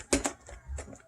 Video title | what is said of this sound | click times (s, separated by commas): Paano gumamit ng coffee maker #coffee | Kailangan mag-click siya. | 0.1 s